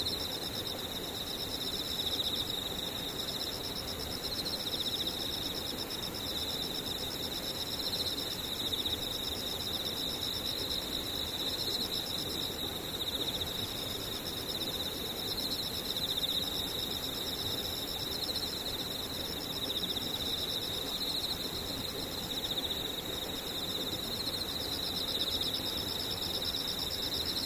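Insects trill in a steady, dense chorus, with bright pulsing bands high up over a soft, constant low rumble throughout.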